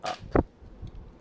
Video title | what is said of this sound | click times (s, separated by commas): Fix 4th Gear Cracking in Lego Land Rover Defender | pull forwards first until you hear a click and then up and | 0.4 s